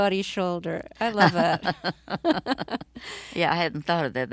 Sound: soundbite of laughter

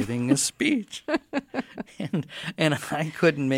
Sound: laughter

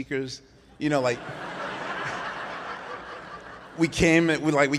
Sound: laughter

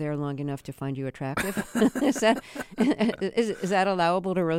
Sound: laughter

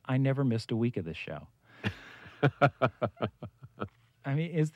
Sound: laughs

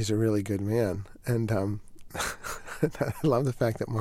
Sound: soundbite of laughter

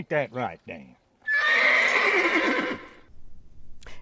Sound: soundbite of horse neighing

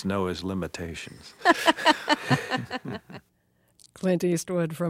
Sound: soundbite of laughter

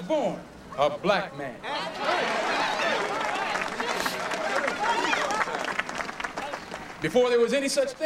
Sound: applause

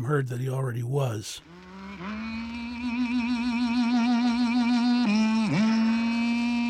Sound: humming; singing

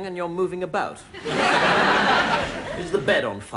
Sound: soundbite of laughter

